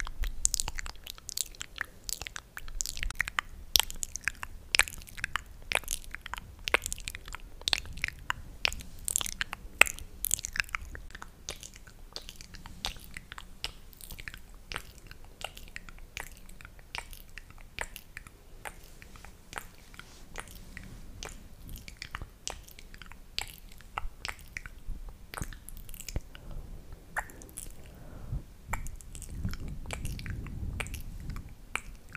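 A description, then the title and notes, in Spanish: Kissing sounds, a rapid, nearly continuous stream of wet smacks and soft clicks that runs the whole time with only brief gaps. They are crisp, and a low muffled rumble swells near the end. ASMR Besitos para dormir.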